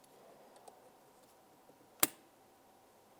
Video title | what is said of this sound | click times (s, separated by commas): How to Replace Power Window Motor & Regulator Assembly 2003-2011 Mercury Grand Marquis | listen for a click give it a tug | 2.0 s